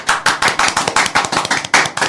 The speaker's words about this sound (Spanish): ¡Bravo! Voy a aplaudir.